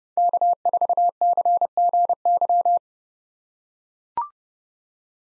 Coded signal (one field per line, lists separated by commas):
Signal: Morse code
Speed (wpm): 31 wpm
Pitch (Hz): 700 Hz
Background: none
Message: K4CGY